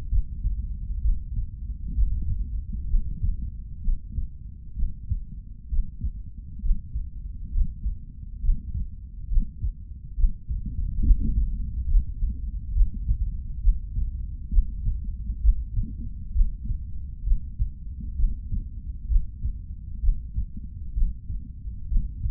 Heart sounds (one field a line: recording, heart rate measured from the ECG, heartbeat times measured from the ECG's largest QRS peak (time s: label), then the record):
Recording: heart sounds by stethoscope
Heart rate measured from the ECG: 66 bpm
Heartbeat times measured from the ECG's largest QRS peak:
0.09 s: heartbeat
1.02 s: heartbeat
1.95 s: heartbeat
2.88 s: heartbeat
3.82 s: heartbeat
4.76 s: heartbeat
5.69 s: heartbeat
6.62 s: heartbeat
7.52 s: heartbeat
8.41 s: heartbeat
9.29 s: heartbeat
10.16 s: heartbeat
11.02 s: heartbeat
11.88 s: heartbeat
12.74 s: heartbeat
13.61 s: heartbeat
14.50 s: heartbeat
15.41 s: heartbeat
16.33 s: heartbeat
17.24 s: heartbeat
18.16 s: heartbeat
19.08 s: heartbeat
20.01 s: heartbeat
20.94 s: heartbeat
21.88 s: heartbeat
From the record:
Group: healthy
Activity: Valsalva maneuver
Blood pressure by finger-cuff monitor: 112/83 mmHg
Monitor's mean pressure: 93 mmHg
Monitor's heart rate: 65 bpm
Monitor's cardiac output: 3 L/min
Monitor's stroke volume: 47 mL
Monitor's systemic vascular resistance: 2250 dyn s/cm5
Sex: male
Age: 55 years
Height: 167 cm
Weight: 57.2 kg